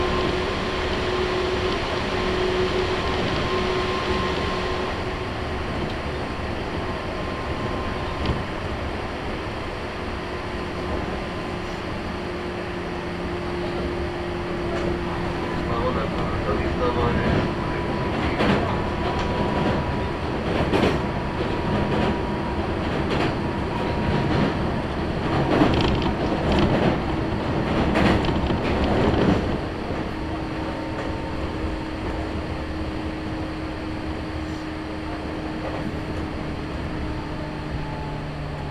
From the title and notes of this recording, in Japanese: 中央東線普通 大月→高尾。四方津駅で特急の通過待ちで9分停車します。